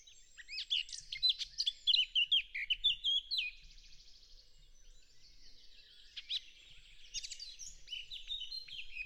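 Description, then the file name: Eurasian blackcap song: a rich burst of varied warbled and whistled notes for about three seconds, then quieter scratchy twittering, with another short phrase near the end. "Sylvia atricapilla"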